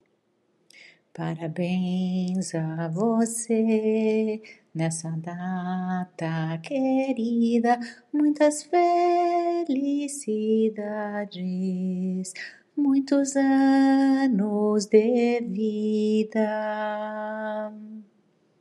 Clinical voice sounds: short text; Brazilian Portuguese; female; 50 to 59 years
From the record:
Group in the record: control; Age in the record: 57 years

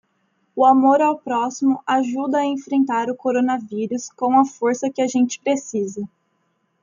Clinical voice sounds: spoken sentence; Brazilian Portuguese; female; 20 to 29 years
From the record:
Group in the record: control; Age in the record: 22 years

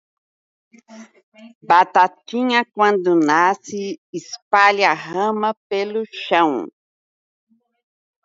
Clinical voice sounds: short text; Brazilian Portuguese; female; 50 to 59 years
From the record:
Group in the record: control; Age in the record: 51 years

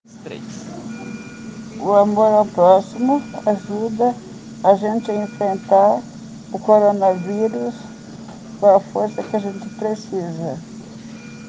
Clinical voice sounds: spoken sentence; Brazilian Portuguese; female; 50 to 59 years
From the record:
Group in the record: respiratory insufficiency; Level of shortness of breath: 5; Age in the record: 59 years

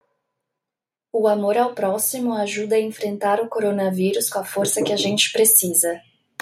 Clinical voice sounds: spoken sentence; Brazilian Portuguese; female; 30 to 39 years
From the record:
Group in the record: control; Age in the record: 34 years

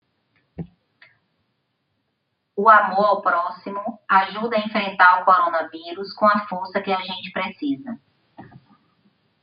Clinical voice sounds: spoken sentence; Brazilian Portuguese; female; 50 to 59 years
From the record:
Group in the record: control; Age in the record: 57 years

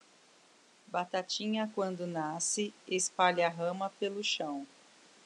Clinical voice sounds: short text; Brazilian Portuguese; female; 30 to 39 years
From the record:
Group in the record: control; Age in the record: 39 years

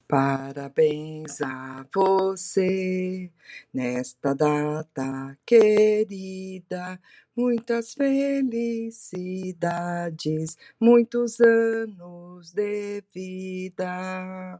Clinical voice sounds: short text; Brazilian Portuguese; female; 60 to 69 years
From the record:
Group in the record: control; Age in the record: 68 years

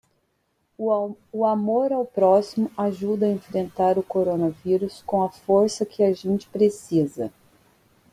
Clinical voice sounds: spoken sentence; Brazilian Portuguese; female; 40 to 49 years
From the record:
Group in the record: control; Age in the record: 45 years

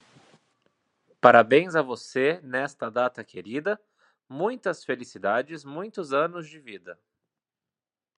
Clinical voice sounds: short text; Brazilian Portuguese; male; 20 to 29 years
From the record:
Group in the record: control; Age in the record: 27 years

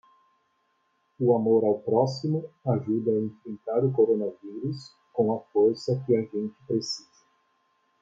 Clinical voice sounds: spoken sentence; Brazilian Portuguese; male; 30 to 39 years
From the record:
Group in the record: control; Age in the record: 33 years

